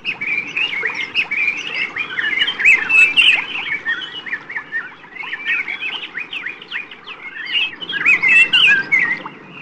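A dense chorus of birds chirps and calls continuously, with many overlapping high, quick tweets and squawky notes over a low rumbling murmur, swelling louder near the middle and end.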